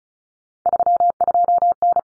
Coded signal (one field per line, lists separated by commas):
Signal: Morse code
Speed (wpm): 34 wpm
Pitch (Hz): 700 Hz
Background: none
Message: 32N